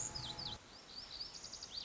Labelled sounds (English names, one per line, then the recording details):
Lazuli Bunting
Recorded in Sonoma County, California